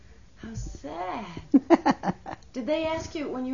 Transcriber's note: laughs